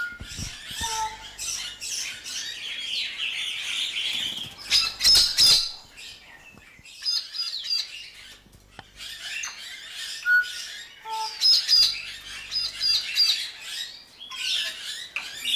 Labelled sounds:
White-necked Myna call
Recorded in captivity
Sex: pair
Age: adult
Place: Zoo Berlin, Berlin, DE
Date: 1997-12-23
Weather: overcast, hazy, ca. 0-2°C
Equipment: Nagra SN, Kopie Uher 4000 Report Monitor
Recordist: Tembrock, Günter

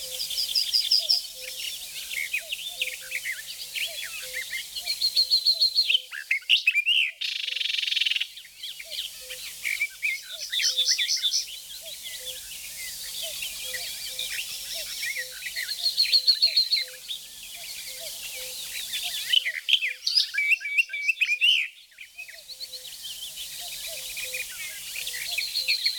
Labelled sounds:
Barred Warbler song
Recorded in the wild
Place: Flögelner See, Baden-Württemberg, DE
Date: 1985-05-24
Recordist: Schwarz, Dieter
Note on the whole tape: Song

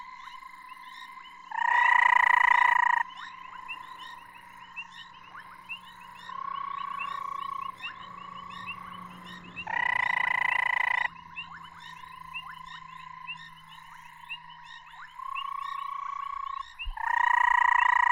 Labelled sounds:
Banded Rubber Frog
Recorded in the wild
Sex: male
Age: adult
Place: Marepsig, ZA
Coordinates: -24.5, 30.85
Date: 1996-02-01 21:28
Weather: 23,6°C
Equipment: Sony TCD-D3, Sennheiser ME 80, K 30 AV
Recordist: Gutsche, Alexander

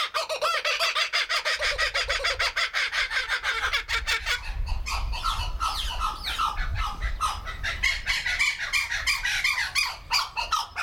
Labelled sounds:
Blue-winged Kookaburra call
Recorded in captivity
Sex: pair
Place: Zoo Berlin, Berlin, DE
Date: 1996-04-06 15:55
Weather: heiter, 10 - 16°C
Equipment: Sony MD-WM MZ-R3, Sennheiser MKH 416 T, Kopie Uher 4000 Report Monitor
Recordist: Tembrock, Günter

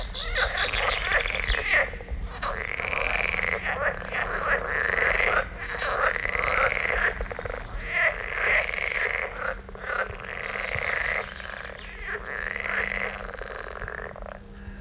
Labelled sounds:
Edible Frog call
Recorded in the wild
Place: Buxpfuhl, Brandenburg, DE
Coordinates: 52.78, 13.67
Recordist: Günther, Rainer

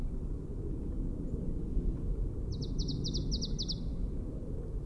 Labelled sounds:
Marsh Tit song
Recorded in the wild
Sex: male
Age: adult
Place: Bernau bei Berlin, Schönower Heide, Brandenburg, DE
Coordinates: 52.695, 13.525
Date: 2005-02-20 14:35
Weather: overcast, 0°C, weak winds
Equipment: Tascam DA-P1, Sennheiser MKH 70 mit Windschutz, ohne Windkorb
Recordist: Frommolt, Karl-Heinz
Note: Kläranlage Bernau Waldfrieden: Gesang. Tier gesehen. Entfernung 20 m

